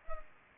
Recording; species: mosquito wingbeat signal from an infrared sensor; Culex pipiens